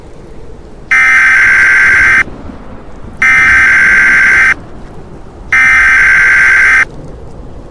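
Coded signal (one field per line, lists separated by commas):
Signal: Emergency Alert System (SAME) tones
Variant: header bursts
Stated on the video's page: Fictional EAS scenario about a plague outbreak, a simulated alert.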